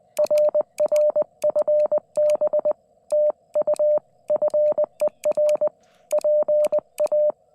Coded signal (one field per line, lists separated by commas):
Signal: Morse code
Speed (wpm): 22 wpm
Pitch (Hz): 590 Hz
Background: none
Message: RR FB TU FER PA